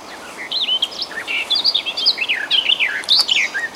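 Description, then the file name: Garden warbler singing a continuous fast warble of varied, bubbling and slurred notes without breaks, against a light background hiss. "slavka sadovaja"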